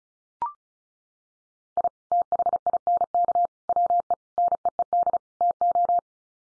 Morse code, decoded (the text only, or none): I THINK WE NEED TO